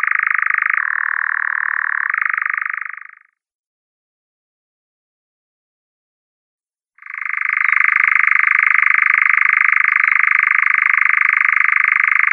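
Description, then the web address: European nightjar song: a rapid, dry churring trill with a brief dip in pitch, a few seconds of silence, then the steady churr starting again. Male European nightjar in display. "Schulze Peter Eurasian Nightjar male display"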